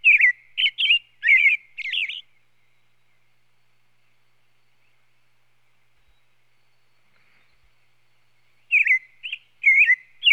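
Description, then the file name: American robin song, a run of several short warbled whistled phrases, a long silent pause, then another run of several phrases. "Sound Effects Library - American Robin"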